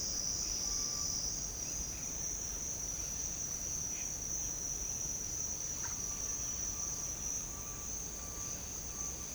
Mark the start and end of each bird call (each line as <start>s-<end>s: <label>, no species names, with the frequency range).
0.62s-1.10s: bird call (0.7-1.5 kHz)